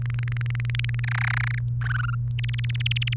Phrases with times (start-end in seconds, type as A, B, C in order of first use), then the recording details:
0.02-1.00 A, 1.04-1.59 B, 1.81-2.15 C, 2.39-3.14 D. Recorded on 28 April 2018 at 13:45. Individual llb3